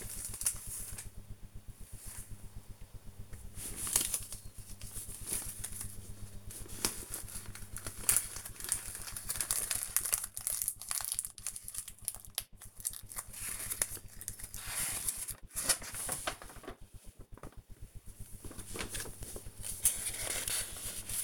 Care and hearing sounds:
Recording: household activities, microphone on the right wrist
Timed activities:
0.00-21.24 s: sorting documents

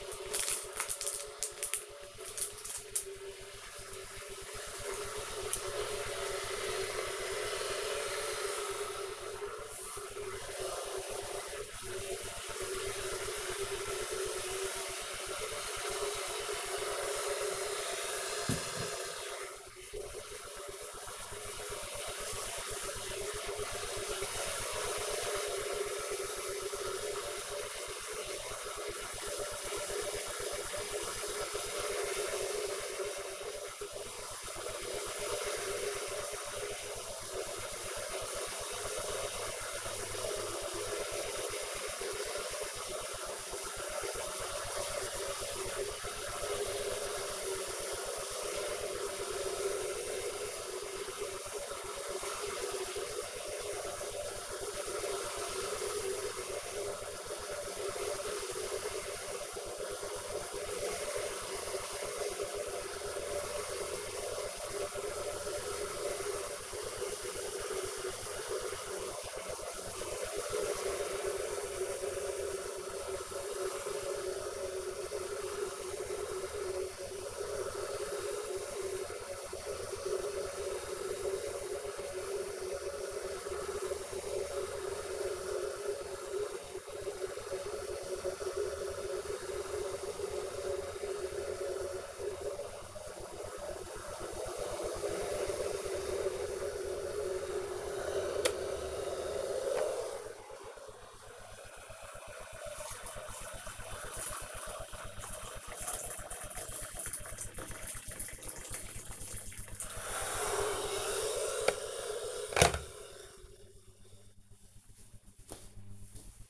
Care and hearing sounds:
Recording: household activities, microphone on the right wrist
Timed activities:
0.00-111.53 s: making tea

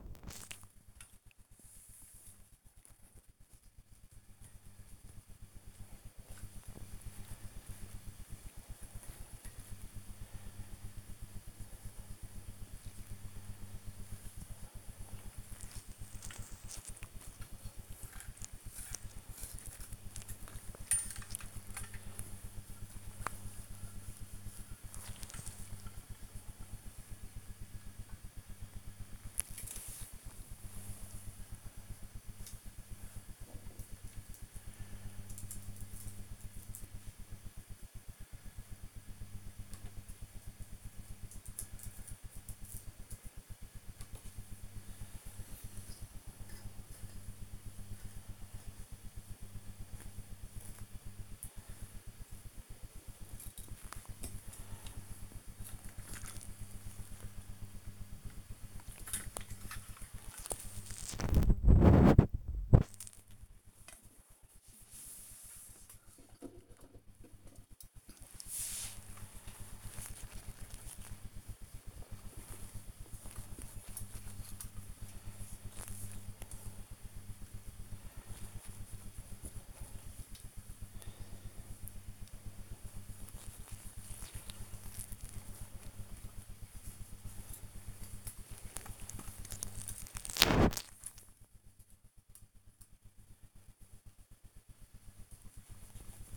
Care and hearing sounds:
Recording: household activities, microphone on the right wrist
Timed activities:
0.00-39.38 s: dusting model cars
43.41-96.37 s: dusting model cars

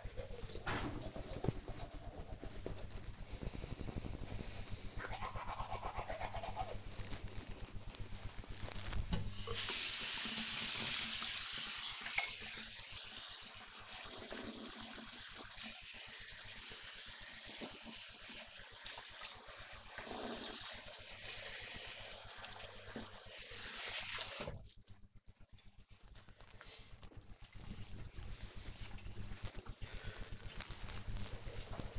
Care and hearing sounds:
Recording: household activities, microphone on the right wrist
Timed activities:
0.00-25.10 s: brushing teeth

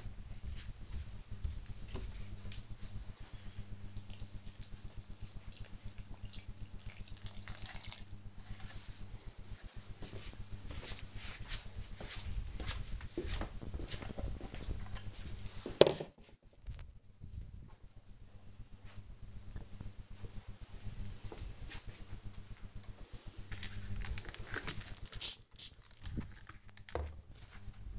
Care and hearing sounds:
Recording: household activities, microphone on the right wrist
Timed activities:
0.00-7.70 s: watering plant
22.81-27.98 s: window cleaning

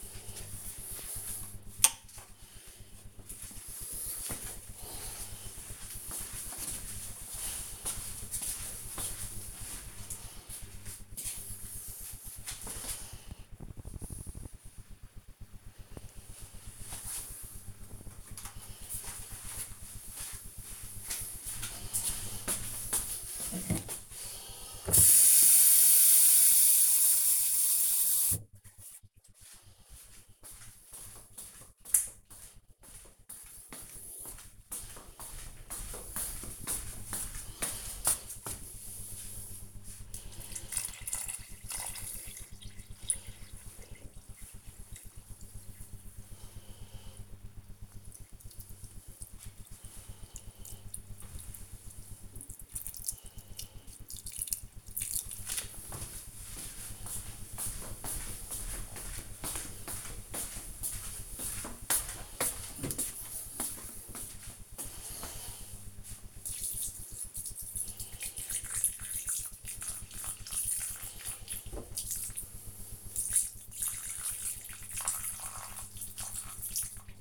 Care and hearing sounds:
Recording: household activities, microphone on the right wrist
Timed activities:
0.00-1.07 s: floor cleaning
24.16-77.21 s: watering plant

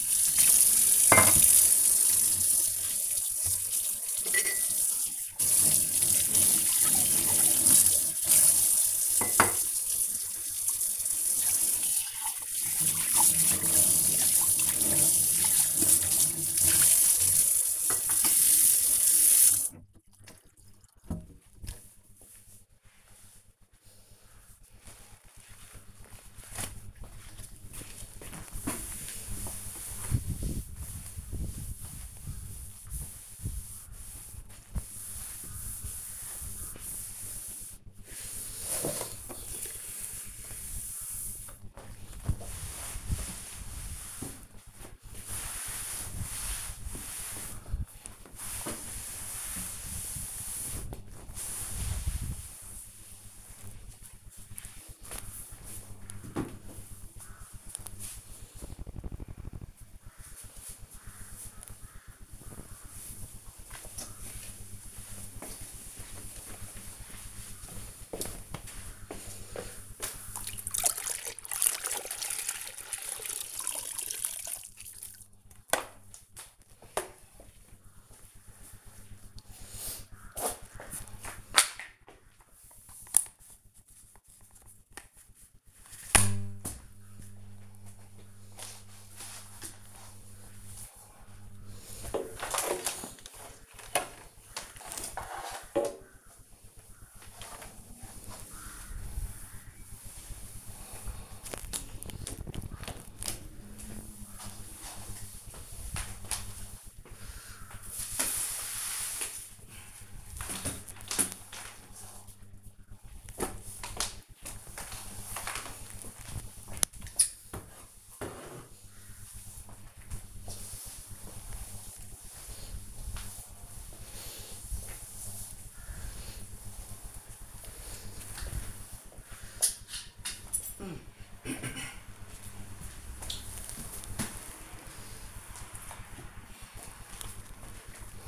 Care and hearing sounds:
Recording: household activities, microphone on the right wrist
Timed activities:
0.00-18.72 s: washing dishes
26.76-52.87 s: cleaning table
69.98-138.28 s: floor cleaning

